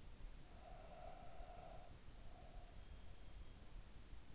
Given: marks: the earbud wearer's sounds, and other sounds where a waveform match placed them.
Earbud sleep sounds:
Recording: sounds in sleep by an in-ear microphone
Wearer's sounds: breath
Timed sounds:
0.31-3.13 s: breath

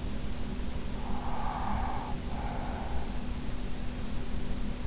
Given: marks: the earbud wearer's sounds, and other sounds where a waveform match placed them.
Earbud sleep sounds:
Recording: sounds in sleep by an in-ear microphone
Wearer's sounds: breath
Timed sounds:
1.16-3.62 s: breath

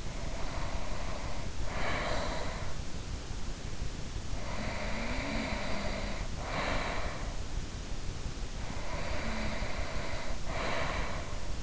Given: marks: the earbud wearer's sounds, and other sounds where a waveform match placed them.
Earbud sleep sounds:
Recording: sounds in sleep by an in-ear microphone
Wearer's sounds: breath, snoring breath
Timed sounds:
0.00-3.07 s: breath
4.15-7.67 s: snoring breath
8.56-11.63 s: breath

